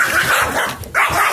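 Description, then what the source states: Dog growling and snarling, harsh raspy bursts broken by a brief pause before a final snarl. Dogs fighting over Cheez-Its.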